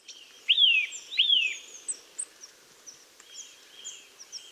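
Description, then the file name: Eurasian nuthatch calls: two loud, clear arched whistles that rise then fall, then softer, fainter notes. "Sitta europaea"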